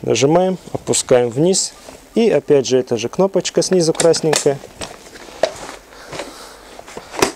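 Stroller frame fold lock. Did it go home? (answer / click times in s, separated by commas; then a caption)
yes / 7.2 s. Someone talks while folding the seat unit of a 2016 BabyZen YoYo+ compact 2-in-1 stroller: they press the two buttons under the canopy, marked with white circles, lower the frame, then press the red button underneath and push the folded frame together. The fold lock clicks shut at 7.2 s and holds the stroller closed so it won't unfold.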